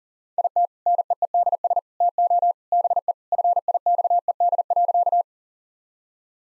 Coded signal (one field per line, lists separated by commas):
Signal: Morse code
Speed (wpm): 40 wpm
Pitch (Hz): 700 Hz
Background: none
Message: IT NEEDS TO BE FIXED.